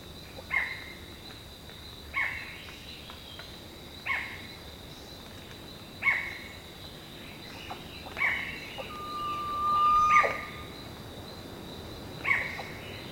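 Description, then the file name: Bird giving short sharp notes about every two seconds, with one long flat whistle near the end, over a continuous high-pitched hum. "SABIOD 50 bird 2015"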